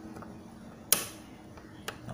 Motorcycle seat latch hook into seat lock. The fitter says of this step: Okey, kan dah lock.